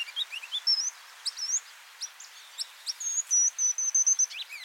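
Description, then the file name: Ruby-crowned kinglet singing rapid, high slurred notes and chips, then a long thin whistled phrase, followed by a few quick notes. "Regulus calendula - Ruby-crowned Kinglet"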